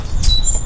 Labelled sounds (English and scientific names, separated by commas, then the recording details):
Stitchbird (Notiomystis cincta) song
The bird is a male
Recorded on Tiritiri Matangi Island, New Zealand, in 2005
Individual 1, of nest box 1